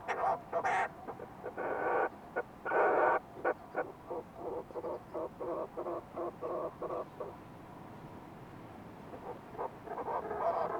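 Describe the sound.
Fulmar prion calls: harsh, throaty pulsed notes in quick bursts, several loud chattering runs early, then a long train of short grating notes, a quieter pause, and louder calls again at the end.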